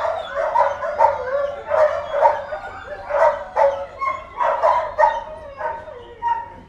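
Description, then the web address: Dogs barking in irregular bursts. "Tom Hutchings Dogs Barking"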